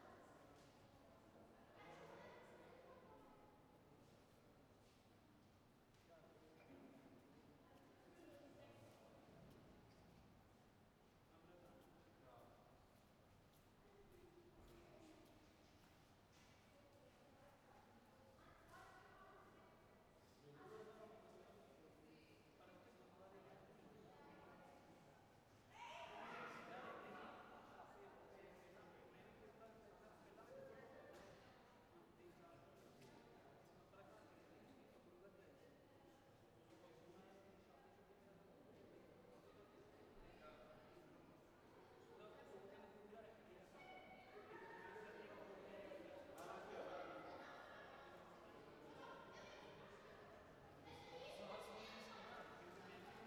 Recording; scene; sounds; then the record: everyday scene through a hearing-aid microphone; reverberant space; background noise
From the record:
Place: railway station hall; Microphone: behind the ear, right, front